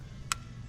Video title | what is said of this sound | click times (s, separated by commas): Shooting a $5,000 CROSSBOW - Worth The Money? | Hear it click? Yeah. So now it's in there. | 0.3 s